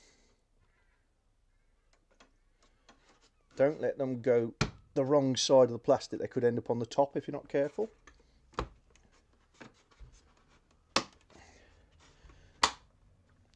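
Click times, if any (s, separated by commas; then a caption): 8.6 s, 11.0 s, 12.6 s. On a Nissan Navara NP300, the chrome grille surround's plastic trim clips are pressed back into the plastic grille while someone talks. Three sharp clicks at 8.6, 11.0 and 12.6 seconds are the middle retaining clips snapping home, seating the surround.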